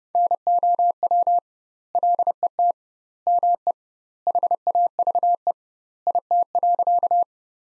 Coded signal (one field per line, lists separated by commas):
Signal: Morse code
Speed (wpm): 32 wpm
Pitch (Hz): 700 Hz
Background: none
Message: NOW LET ME HAVE IT.